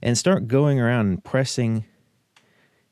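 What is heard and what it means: Someone talks while the plastic back cover of a Jeep key fob is pressed down by hand around its edge onto the fob housing after a new coin cell is fitted. A single sharp tick is heard at 2.4 s as the cover snaps in place.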